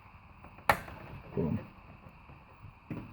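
A RAM module is pressed down evenly at both ends into a motherboard DIMM slot, and a sharp click sounds at 0.7 s as it latches. A brief rustle follows around 1.4 s and someone talks, and the memory stick is seated and successfully installed.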